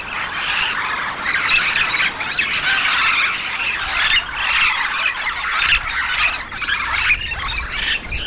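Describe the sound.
Yellow-shouldered parrot in a noisy run of rough squawks that rise and fall continuously throughout.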